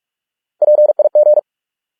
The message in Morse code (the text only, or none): PIG